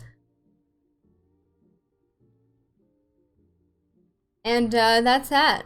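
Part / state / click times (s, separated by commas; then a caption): plastic telescoping straw extended to full length / not seated / none. A collapsible plastic telescoping straw, pulled from a drink carton, is extended to its full length while only faint, quiet sounds and soft background music are heard for the first four seconds. No click is heard as the straw extends, so nothing has seated or clicked yet. Then someone talks loudly from about 4.4 seconds to the end.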